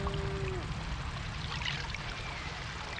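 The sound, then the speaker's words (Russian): Water splashes and pours in a steady, rushing wash of noise for about three seconds as a man splashes water onto a sacrificial cow, with a faint thin tone fading out near the start; no voices are heard. “Мужчина плещет воду на корову.”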